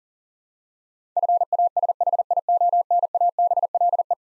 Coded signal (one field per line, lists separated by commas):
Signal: Morse code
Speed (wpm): 40 wpm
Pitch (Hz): 700 Hz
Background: none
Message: FASHIONABLE